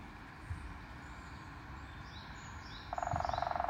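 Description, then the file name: Woodpecker drumming: a fast, even burst of woody knocks near the end, over steady low background noise. "キツツキ"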